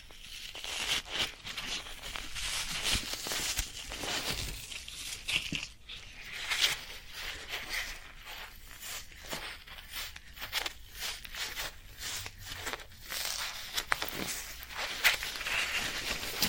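Floral foam being handled, with dense crackling, crunching and scratchy tearing sounds that come in quick, irregular bursts throughout. The texture is bright and gritty, with brief quieter gaps near six and twelve seconds before the crumbling resumes.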